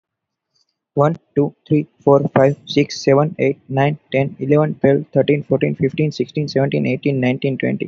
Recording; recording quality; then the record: counting at a fast pace; excellent, no background noise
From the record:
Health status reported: healthy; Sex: male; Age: 20 years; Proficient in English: yes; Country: India